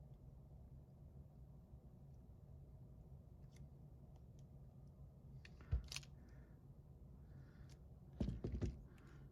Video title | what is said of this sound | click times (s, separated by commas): FlyfishRC VOLADOR II 6"/5" drono surinkimas E18: FPV GPS instaliacija ir Setup, kabelio ekranavimas. | S va matyt, kai taip va palenkiau jisai ir užšoko. | 5.9 s, 6.0 s